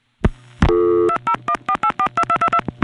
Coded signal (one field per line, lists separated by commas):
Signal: DTMF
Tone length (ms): 70 ms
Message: 2014842222